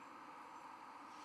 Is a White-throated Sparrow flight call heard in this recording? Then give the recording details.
no. No flight call is heard. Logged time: 05:01 on 24 November 2014